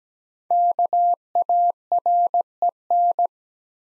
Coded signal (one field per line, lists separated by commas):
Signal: Morse code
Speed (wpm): 17 wpm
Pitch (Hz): 700 Hz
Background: none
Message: KAREN